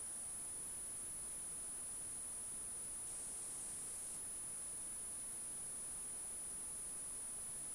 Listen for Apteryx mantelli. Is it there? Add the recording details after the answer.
no. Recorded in New Zealand on 14 February 2012. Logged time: 02:13. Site DH65